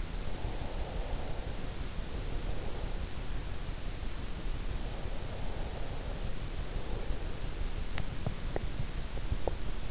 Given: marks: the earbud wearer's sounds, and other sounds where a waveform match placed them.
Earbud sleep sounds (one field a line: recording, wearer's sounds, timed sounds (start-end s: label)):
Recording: sounds in sleep by an in-ear microphone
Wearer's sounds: breath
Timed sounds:
0.00-2.98 s: breath